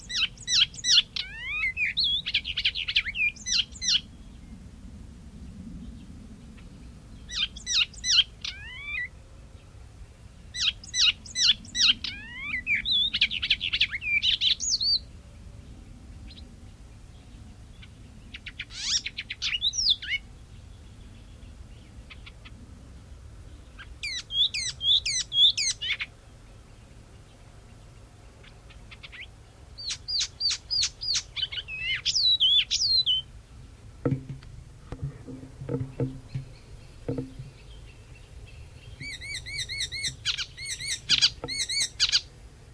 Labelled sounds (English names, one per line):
Icterine Warbler song